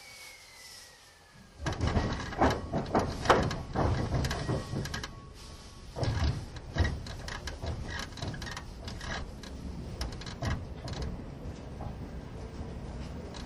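An old passenger coach on a regular train service, heard while running. A faint whine fades in the first two seconds, then from about 1.5 seconds dense clattering and rattling begins, loudest up to about 7 seconds, easing into a steadier low rumble with occasional knocks.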